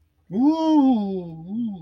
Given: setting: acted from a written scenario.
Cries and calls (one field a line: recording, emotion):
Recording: vocal sound without words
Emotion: desire